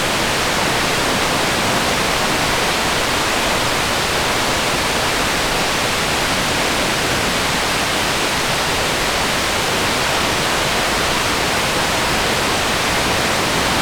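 Water crashes down a waterfall in a dense, unbroken roar, steady throughout, bright and hissing with a softer low rumble underneath.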